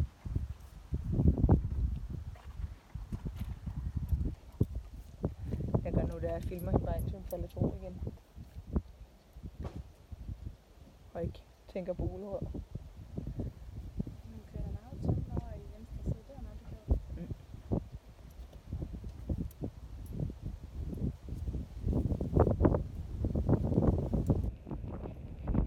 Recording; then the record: sound track of a video of a horse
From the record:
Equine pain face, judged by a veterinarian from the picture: absent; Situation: after eating a carrot, before or after surgery for tooth resorption and hypercementosis (EOTRH)